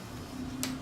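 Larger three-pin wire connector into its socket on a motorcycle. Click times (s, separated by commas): 0.6 s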